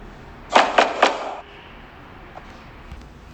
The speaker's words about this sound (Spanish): Me iba acercando y me di cuenta que era una vieja cabaña. Me acerqué mucho más y vi que la puerta estaba entrecerrada. Golpeé.